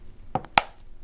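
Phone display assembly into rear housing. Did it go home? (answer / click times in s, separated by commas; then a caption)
yes / 0.6 s. An iPhone 5c display assembly is pressed down into its rear housing to close the phone after a Lightning connector and headphone jack replacement. Its plastic clips give two softer snaps, then a loud, sharp snap at 0.6 s as the display seats into the housing.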